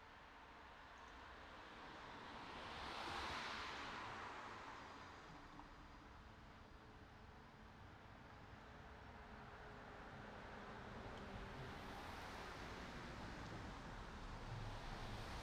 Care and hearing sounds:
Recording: everyday scene through a hearing-aid microphone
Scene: in traffic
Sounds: traffic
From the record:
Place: city secondary road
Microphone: in the ear canal, right

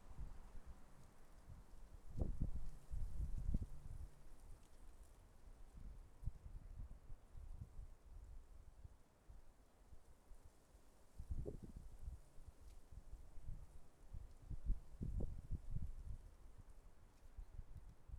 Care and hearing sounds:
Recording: everyday scene through a hearing-aid microphone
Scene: wind on the microphone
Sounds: wind, traffic, birds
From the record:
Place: suburban garden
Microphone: behind the ear, left, rear

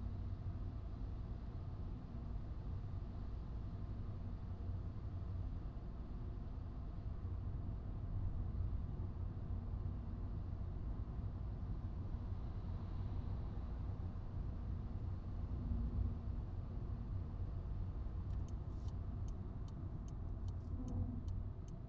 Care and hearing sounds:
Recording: everyday scene through a hearing-aid microphone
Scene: in a vehicle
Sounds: engine, highway driving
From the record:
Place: Skoda Fabia, gasoline engine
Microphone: in the ear canal, right

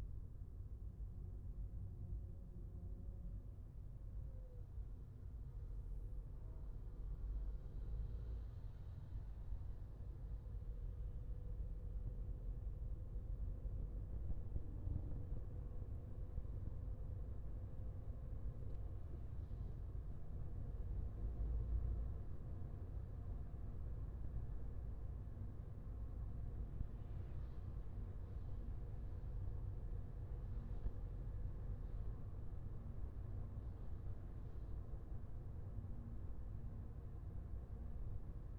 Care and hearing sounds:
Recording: everyday scene through a hearing-aid microphone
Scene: in a vehicle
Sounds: engine, highway driving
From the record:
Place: Skoda Fabia, gasoline engine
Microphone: behind the ear, left, rear

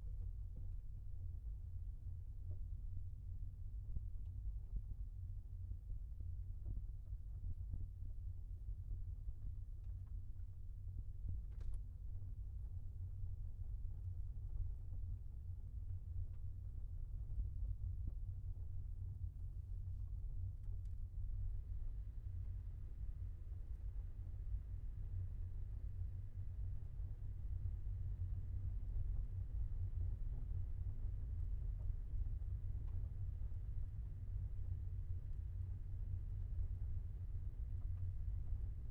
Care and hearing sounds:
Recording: everyday scene through a hearing-aid microphone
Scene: in a vehicle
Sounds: engine, rumble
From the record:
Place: Skoda Fabia, gasoline engine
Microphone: behind the ear, left, front

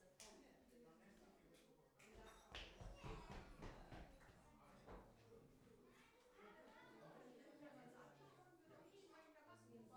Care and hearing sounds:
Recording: everyday scene through a hearing-aid microphone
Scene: many people talking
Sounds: footsteps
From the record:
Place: parish hall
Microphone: behind the ear, right, front

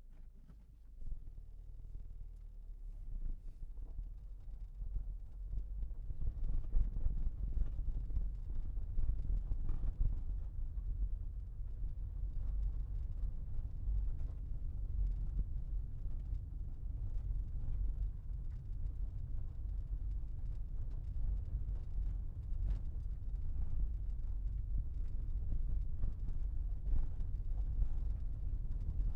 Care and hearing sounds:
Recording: everyday scene through a hearing-aid microphone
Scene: in a vehicle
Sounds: engine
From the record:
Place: Berlingo II, diesel engine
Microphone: behind the ear, left, rear

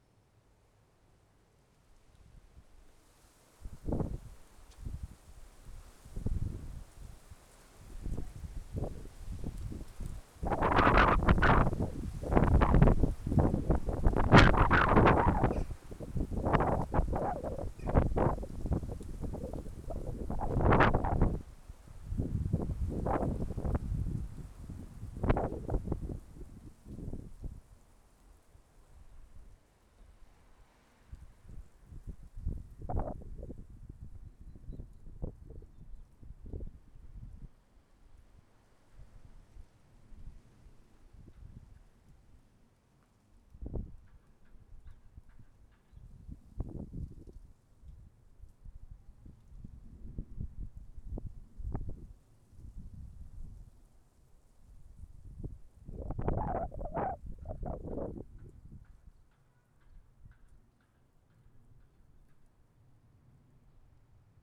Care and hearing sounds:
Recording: everyday scene through a hearing-aid microphone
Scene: wind on the microphone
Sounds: wind, traffic, birds, plane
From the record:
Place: suburban garden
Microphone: behind the ear, left, rear

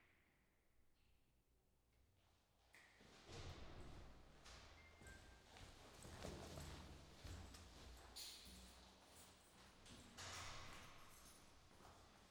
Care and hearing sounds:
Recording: everyday scene through a hearing-aid microphone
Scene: reverberant space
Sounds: background noise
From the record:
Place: staircase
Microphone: in the ear canal, left

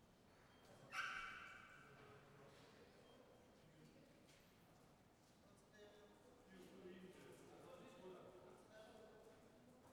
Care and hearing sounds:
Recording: everyday scene through a hearing-aid microphone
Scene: reverberant space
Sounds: barking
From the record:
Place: railway station hall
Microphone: behind the ear, left, front

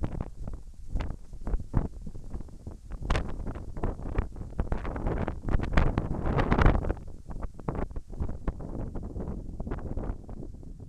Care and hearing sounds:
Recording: everyday scene through a hearing-aid microphone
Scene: wind on the microphone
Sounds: wind, whistling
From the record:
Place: in front of a rural house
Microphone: behind the ear, right, front

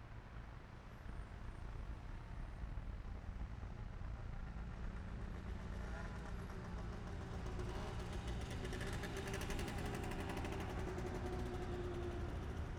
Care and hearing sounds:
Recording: everyday scene through a hearing-aid microphone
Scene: in traffic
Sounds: traffic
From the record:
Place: main city hub, rush hour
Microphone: behind the ear, left, rear

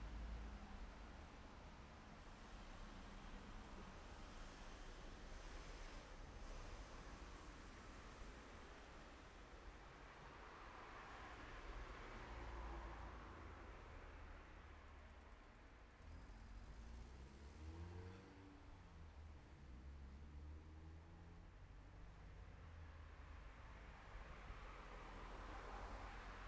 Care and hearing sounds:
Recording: everyday scene through a hearing-aid microphone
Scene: in traffic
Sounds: traffic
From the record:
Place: city secondary road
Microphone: behind the ear, left, rear

